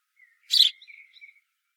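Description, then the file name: House sparrow giving one loud, harsh chirp followed by a few soft, thin trailing notes. "Passer domesticus"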